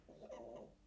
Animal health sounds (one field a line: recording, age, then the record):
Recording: pig call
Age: piglet (1 to 25 days)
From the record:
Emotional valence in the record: negative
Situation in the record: restrain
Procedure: back test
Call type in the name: low-frequency call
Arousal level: low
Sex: male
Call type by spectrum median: low-frequency call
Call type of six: mixed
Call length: 0.86 s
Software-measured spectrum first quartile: 389 Hz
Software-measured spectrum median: 562 Hz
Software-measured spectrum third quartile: 790 Hz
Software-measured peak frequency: 591 Hz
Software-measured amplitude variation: 154 dB a second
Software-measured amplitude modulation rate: 27.8 a second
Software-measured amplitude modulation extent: 5.5 dB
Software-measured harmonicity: 3.0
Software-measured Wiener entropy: 0.16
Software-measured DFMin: 1038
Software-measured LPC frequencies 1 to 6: 555, 2013, 2890, 3801, 4594, 6090 Hz